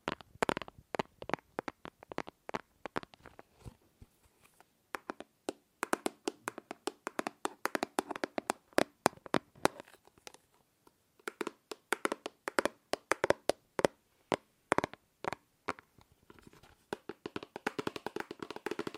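Tapping on objects, a series of sharp, dry knocks that come in bursts, sometimes rapid and clustered, sometimes sparser. The rhythm shifts throughout, with brief pauses around five and eleven seconds, and the taps vary in tone from dull thuds to brighter clicks.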